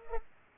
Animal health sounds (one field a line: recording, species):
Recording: mosquito wingbeat signal from an infrared sensor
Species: Culex pipiens